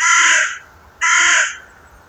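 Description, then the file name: Carrion crow calling with two grating caws in quick succession, the first fading out, the second starting a second later. "Corvus corone"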